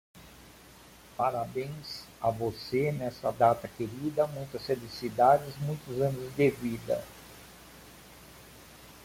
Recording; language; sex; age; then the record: short text; Brazilian Portuguese; male; 50 to 59 years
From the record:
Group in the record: control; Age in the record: 54 years